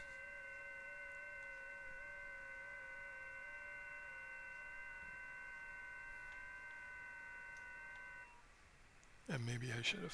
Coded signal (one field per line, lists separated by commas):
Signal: FT8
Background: speech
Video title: FT8 with G90 and XPA125B HRD/JT-Alert/WSJT-X